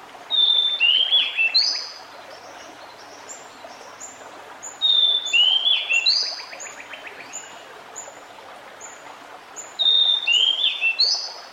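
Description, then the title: Pied Bushchat song: three short whistled phrases about every five seconds, with thin high ticking notes between them and continuous background noise. Recording meant to help a decu that has stopped singing; decu is a territorial fighter-type bird. "Mengatasi burung decu yang macet bunyi"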